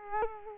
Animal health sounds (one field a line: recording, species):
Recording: mosquito wingbeat signal from an infrared sensor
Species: Culex quinquefasciatus